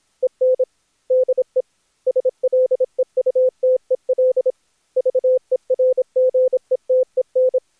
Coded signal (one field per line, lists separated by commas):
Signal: Morse code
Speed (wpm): 25 wpm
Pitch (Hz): 510 Hz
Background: none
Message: EN DE SLEUTEL VERGETEN